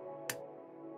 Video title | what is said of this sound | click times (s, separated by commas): Let's Build Tamiya Mini 4WD Cat Racer Part 2 lets hope the internet holds out! | that's more in there it's not all the way in i don't think but it's in enough so we can apply grease and all that stuff | 0.3 s